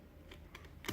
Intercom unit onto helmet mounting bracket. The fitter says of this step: Et donc forcément, ça vient se clipser dessus comme ceci.